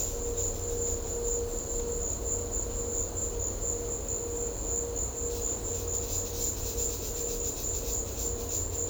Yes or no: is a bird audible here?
no